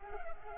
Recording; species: mosquito wingbeat signal from an infrared sensor; Culex pipiens